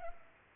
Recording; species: mosquito wingbeat signal from an infrared sensor; Culex pipiens